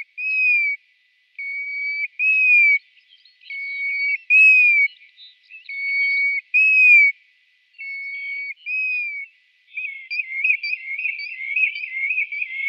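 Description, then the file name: Plover song: clear whistled notes, some rising then falling, in a loose series with short gaps, ending in a busier burst of warbled, chattering notes. "Canto da Tarambola"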